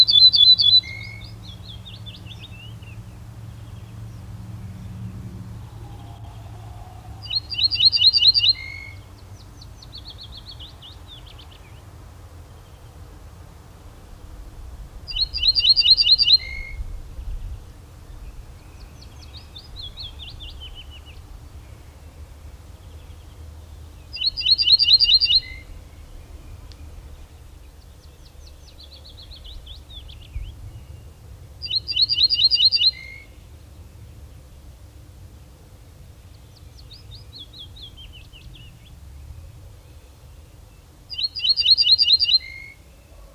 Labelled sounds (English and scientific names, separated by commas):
Ortolan Bunting (Emberiza hortulana)